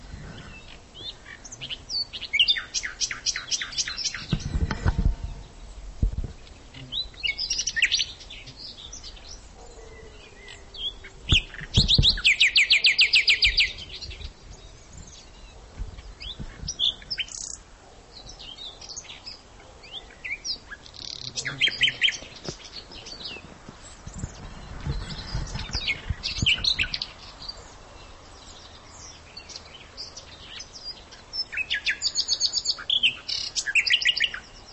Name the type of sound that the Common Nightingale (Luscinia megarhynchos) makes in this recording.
song